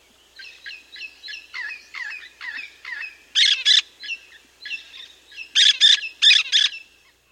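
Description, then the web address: Olive-throated parakeet chattering in a rapid series of scratchy notes, broken by louder harsh double squawks. South America. "Natures Songs S America Olive-Throated Parakeet"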